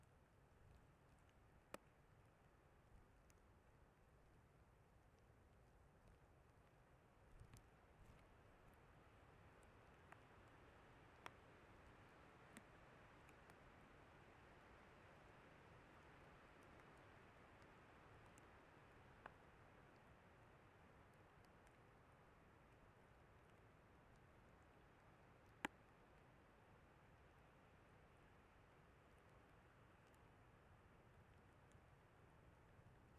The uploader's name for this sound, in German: Regen auf das Mikrophon ohne Windschutz